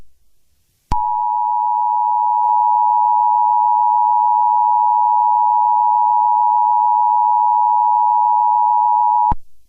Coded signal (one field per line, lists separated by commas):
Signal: Emergency Alert System (SAME) tones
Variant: 853 and 960 Hz attention tone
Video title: My first eas mock: Requried Weekly Test on RB100 TV